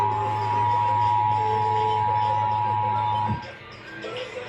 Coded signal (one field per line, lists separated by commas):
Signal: Emergency Alert System (SAME) tones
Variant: 853 and 960 Hz attention tone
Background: speech, music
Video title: They're pulling CRPs - August 2020 TX RMT & WXK26 RWT (EAS #156-159)